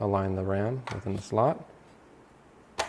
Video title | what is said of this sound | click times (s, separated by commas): Mac Pro 5,1 RAM Upgrade - Mac Pro Upgrade Series Part 1 | then push down until it clicks into place and you've installed one stick of RAM | 2.8 s